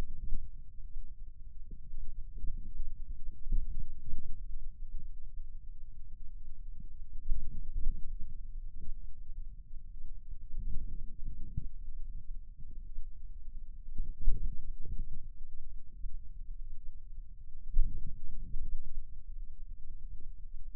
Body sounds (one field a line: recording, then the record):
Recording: forearm muscle sounds (acoustic myography)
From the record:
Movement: ulnar deviation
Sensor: system 2, bracelet of six BSWA MPA416 microphones around the upper forearm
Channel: 1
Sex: male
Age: 22 years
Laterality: right